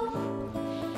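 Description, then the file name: Pallas's cat call: a low harmonic sound about a second long, briefly breaking and shifting in pitch midway. "manul"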